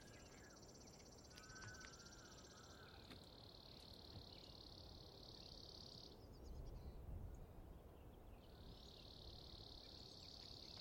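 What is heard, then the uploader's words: Birds at daybreak fill the air with long, steady high trills, one running from the start to about six seconds and another resuming near eight and a half seconds. A brief lower call and a few sharp clicks come early, over a constant low rumble that swells around six to seven seconds. Just outside the fence of the Coffin Game Reserve in the Colockum Wildlife Area of Washington state.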